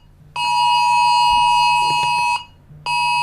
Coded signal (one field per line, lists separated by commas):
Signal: Emergency Alert System (SAME) tones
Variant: 853 and 960 Hz attention tone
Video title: EAS scenario: anomalies outside (analog horror)